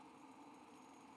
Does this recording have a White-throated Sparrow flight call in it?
no